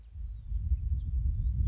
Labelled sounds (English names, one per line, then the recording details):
House Finch
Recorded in Sonoma County, California